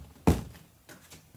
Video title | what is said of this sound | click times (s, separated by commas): Maginels Modular Storage Cabinet | as you assemble your organizer make sure all the connectors snap into place you want to make sure that you hear that click sound | 0.3 s